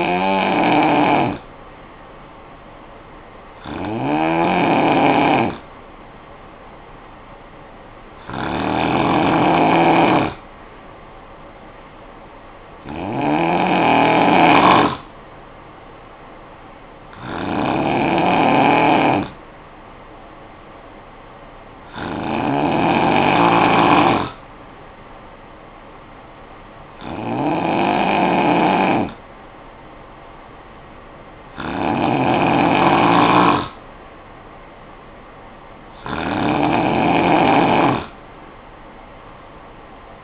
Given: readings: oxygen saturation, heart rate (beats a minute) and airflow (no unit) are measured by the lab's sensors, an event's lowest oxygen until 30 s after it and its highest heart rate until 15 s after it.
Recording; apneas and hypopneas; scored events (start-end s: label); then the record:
breathing in sleep by a voice recorder at the bedside; none
none scored
From the record:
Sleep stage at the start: N2 (light sleep); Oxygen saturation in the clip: 91 to 93%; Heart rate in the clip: 53 to 59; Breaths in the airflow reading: 9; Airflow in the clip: -9.2 to 4.5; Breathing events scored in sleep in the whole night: 445 in 7.6 hours asleep